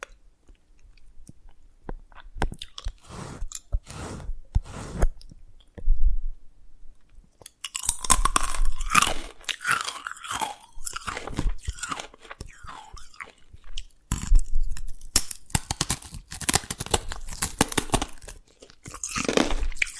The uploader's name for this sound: Dalgona Candy Challenge Tapping, Cracking Triggers